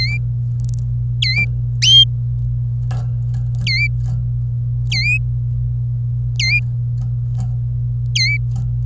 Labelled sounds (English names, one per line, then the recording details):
Domestic Canary song
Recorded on 26 April 2018 at 10:43
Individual llb3